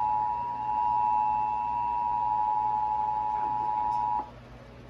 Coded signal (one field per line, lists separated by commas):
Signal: Emergency Alert System (SAME) tones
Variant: 853 and 960 Hz attention tone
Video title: Child Abduction Emergency (EAS #75)